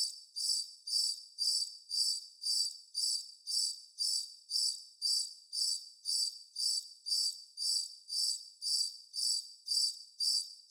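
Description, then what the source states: Cricket sounding sharp, high trilled pulses repeated at an even tempo near two per second, the pattern holding unchanged from start to end. Constant cricket bed.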